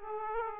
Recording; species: mosquito wingbeat signal from an infrared sensor; Aedes aegypti